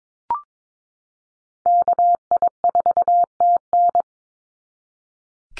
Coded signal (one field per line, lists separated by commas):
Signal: Morse code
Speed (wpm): 22 wpm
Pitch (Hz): 700 Hz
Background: none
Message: KI4TN